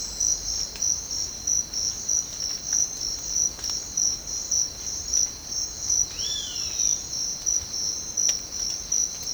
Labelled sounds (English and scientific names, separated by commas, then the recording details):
Great Kiskadee (Pitangus sulphuratus)
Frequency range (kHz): Great Kiskadee (Pitangus sulphuratus) 0.6-4.7 kHz
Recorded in secondary vegetation near Puerto Asís, Putumayo, Colombia, on 19 March 2025 at 07:00
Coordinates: 0.484, -76.319
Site G010